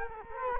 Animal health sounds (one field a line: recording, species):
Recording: mosquito wingbeat signal from an infrared sensor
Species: Culex quinquefasciatus